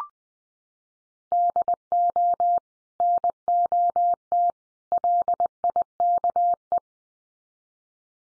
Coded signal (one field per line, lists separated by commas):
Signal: Morse code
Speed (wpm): 20 wpm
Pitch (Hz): 700 Hz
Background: none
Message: DO NOT LIKE